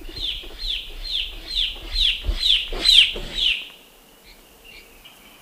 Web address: S America Birds of Ecuador Turquoise Jay